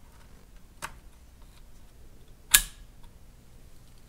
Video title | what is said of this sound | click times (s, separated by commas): Renew/Upgrade an Old Laptop (Lenovo Ideapad Z710) | then just push down until it clicks just like that | 2.6 s